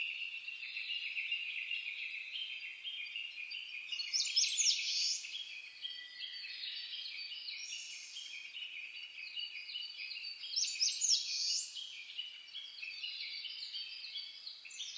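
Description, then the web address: Birds singing in a dawn chorus: a steady stream of high, rapid chirping trills with louder sweeping phrases breaking in twice. Dawn chorus twittering (saezuri), recorded 10 May 2010. "reimei -saezuri-20100510-0401"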